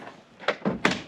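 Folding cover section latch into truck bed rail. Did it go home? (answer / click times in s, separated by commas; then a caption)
yes / 0.9 s. A folding tonneau cover section on a truck bed is lowered onto the bed rail and latched. Two softer knocks come at 0.5 and 0.7 seconds as it comes down. A loud, sharp latch click at 0.9 seconds shows the section is locked in place.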